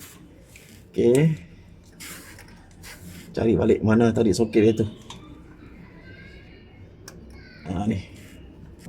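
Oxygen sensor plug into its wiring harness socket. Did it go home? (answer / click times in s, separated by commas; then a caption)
no / none. Someone talks while handling the oxygen sensor plug under a Perodua Alza, finding its wiring harness socket to reconnect it, with brief handling noises between the speech. The plug has not seated or clicked into the socket yet.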